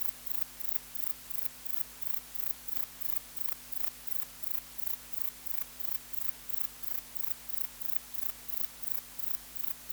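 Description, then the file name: Grey bush-cricket stridulating in brief hissing chirps, evenly spaced at nearly three per second, with a constant low hum underneath. "Platycleis albopunctata"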